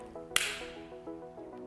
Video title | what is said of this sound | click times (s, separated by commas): Respivant Sciences eFlow manual | close the battery door by firmly pushing until you hear it click | 0.4 s